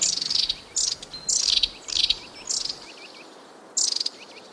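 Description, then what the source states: Long-tailed Tit calls: thin, very high sibilant trills given in short bursts, with soft lower chirping notes in between. Small white tit, tit-sized with a long tail like a small magpie; may visit feeders; calls very early in the morning, hence its name; professionally recorded with radio equipment.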